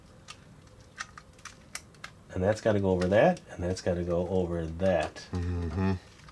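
A plastic side panel of a toy robot fox is handled against its frame, to be pushed over its mating tabs. Light plastic ticks sound at about 0.3, 1.0, 1.2, 1.5, 1.8 and 2.0 seconds, then someone talks for the rest of the clip. Nothing has seated or clicked yet.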